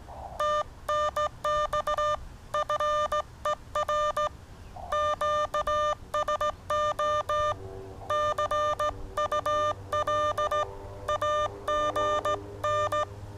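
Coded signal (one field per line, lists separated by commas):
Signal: Morse code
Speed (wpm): 17 wpm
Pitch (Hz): 1200 Hz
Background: music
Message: TNX FER QSO CUL AGN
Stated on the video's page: Morse CW sent on a QCX Mini transceiver.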